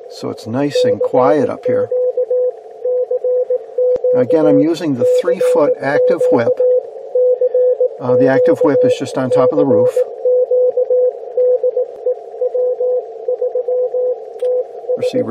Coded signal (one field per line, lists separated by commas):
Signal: Morse code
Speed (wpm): 18 wpm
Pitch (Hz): 500 Hz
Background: speech, radio noise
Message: CQ CQ CQ CQ CQ DE W3TS